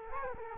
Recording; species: mosquito wingbeat signal from an infrared sensor; Culex quinquefasciatus